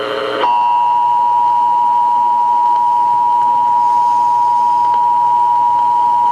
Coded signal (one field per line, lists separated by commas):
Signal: Emergency Alert System (SAME) tones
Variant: 853 and 960 Hz attention tone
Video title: EAS 165-198, Faradays Revenge